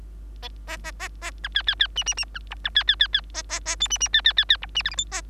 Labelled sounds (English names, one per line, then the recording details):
Bengalese Finch song
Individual Bird3